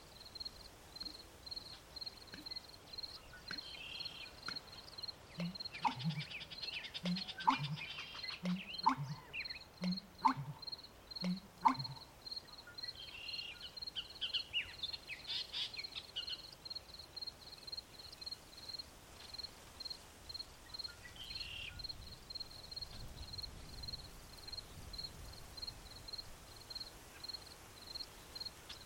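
An American bittern pumps out deep, gulping calls in a short series from about six to twelve seconds. A steady, evenly pulsing insect trill runs high above the whole time, with bursts of bird chatter and a few sharp clicks mixed in.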